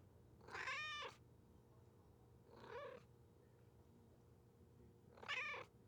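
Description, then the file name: Cat giving three clear, harmonic meows, the first and last louder and longer, with a faint constant hum behind them. "Cat Meowing"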